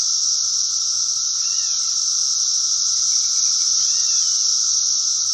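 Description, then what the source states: Cicada chorus as an unbroken shrill buzz, while a bird adds short arched chirps twice and a quick stutter of notes between them. Several cicadas.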